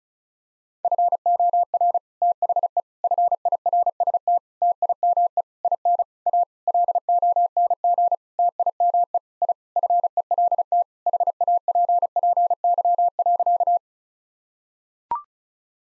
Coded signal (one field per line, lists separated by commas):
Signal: Morse code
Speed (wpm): 36 wpm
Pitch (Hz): 700 Hz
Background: none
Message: FOR THE FIRST TIME IN A LONG TIME I FELT HAPPY.